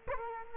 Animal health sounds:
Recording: mosquito wingbeat signal from an infrared sensor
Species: Culex quinquefasciatus

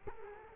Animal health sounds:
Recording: mosquito wingbeat signal from an infrared sensor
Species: Culex quinquefasciatus

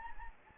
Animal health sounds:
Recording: mosquito wingbeat signal from an infrared sensor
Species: Anopheles gambiae

